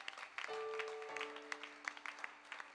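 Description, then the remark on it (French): A church audience at a Sunday service claps steadily for the name of the Lord, a dense patter of hand claps with sharper bursts, while sustained low keyboard tones hold underneath and shift to a lower note partway through. “Est-ce que quelqu'un peut applaudir le nom de l'Éternel?”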